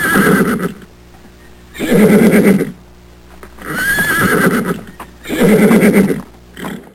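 Horse neighing, four loud harsh whinnies roughly every two seconds, each about a second long, with quieter gaps between.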